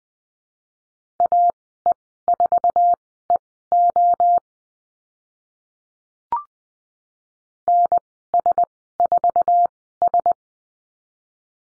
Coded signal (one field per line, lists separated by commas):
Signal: Morse code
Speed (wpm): 20 wpm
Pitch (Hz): 700 Hz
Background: none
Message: AE4EO NS4S